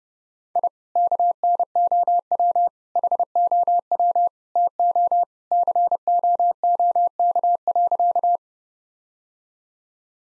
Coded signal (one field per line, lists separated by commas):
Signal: Morse code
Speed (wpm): 30 wpm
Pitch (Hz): 700 Hz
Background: none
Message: I KNOW HOW TO COOK.